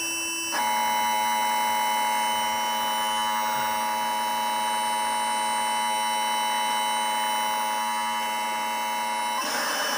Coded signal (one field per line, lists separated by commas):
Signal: Emergency Alert System (SAME) tones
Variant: 853 and 960 Hz attention tone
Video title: EAS #348 Severe Thunderstorm Warning